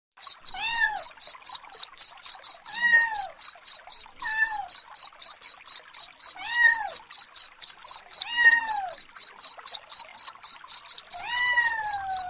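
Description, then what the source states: Cricket chirping in steady high pulses about four per second, with cat meows arching downward roughly every two seconds. Cricket chirping combined with cat sounds, presented as a rat repellent.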